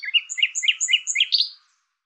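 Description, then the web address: Bird, a short song phrase of rapid chirping notes with high thin whistles above, ending in a slurred note. "Deverinetal 2025"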